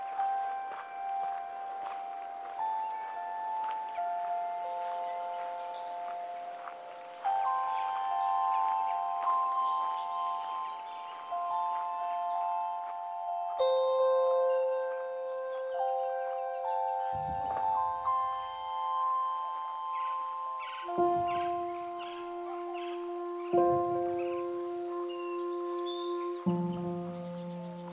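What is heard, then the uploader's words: Chimes ring along the Anza Trail at Tubac, Arizona, their long sustained tones overlapping in a steady, shimmering wash. From about seventeen seconds, deeper tones sound every few seconds beneath the higher ringing, each one fading slowly. Tubac, AZ on the historic Anza Trail, which meanders here along the Santa Cruz River.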